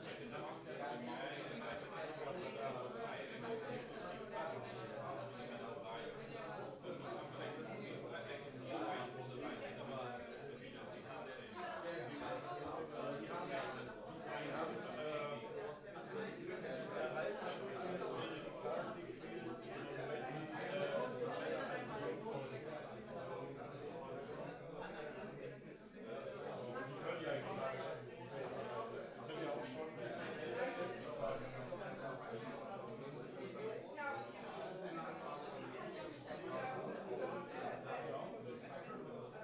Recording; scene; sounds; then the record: everyday scene through a hearing-aid microphone; many people talking; many voices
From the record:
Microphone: behind the ear, left, rear